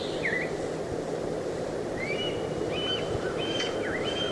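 Veery giving short whistled notes: a dipping, then rising slur, then several level and bending whistles, over steady low rumbling background noise.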